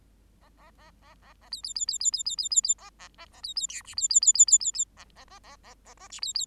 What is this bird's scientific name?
Lonchura striata domestica